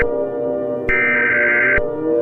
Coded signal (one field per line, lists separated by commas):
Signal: Emergency Alert System (SAME) tones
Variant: header bursts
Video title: EAS Scenario - Yellowstone Eruption